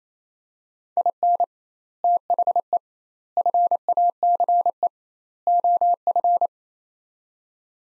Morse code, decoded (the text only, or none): IN THE FACE OF